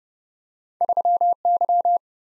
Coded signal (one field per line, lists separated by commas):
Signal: Morse code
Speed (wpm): 30 wpm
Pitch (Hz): 700 Hz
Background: none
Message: 3Y